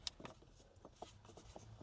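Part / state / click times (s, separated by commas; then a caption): vehicle wiring connector into mirror dash cam socket / not seated / none. On a second try, a vehicle wiring connector is pushed into the socket of a Topdisplay 4K mirror dash cam, giving a few short, faint ticks and handling taps, the sharpest near the start, over a quiet indoor background. The connector fits and seats loosely, but nothing has clicked or locked, because its locking tab does not reach the notch.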